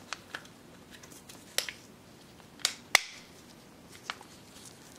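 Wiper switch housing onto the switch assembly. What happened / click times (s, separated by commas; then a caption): Plastic switch parts handled, not yet seated, though one crisp tick is heard / none. The wiper switch housing is handled against the cleaned plastic wiper switch assembly from a 2009 Subaru Forester during reassembly. Faint sharp ticks are heard near 0.1, 0.3, 1.6 and 2.6 seconds, a louder snap at 3.0 seconds, and another tick at 4.1 seconds over a quiet background. The housing has not seated or clicked into place yet.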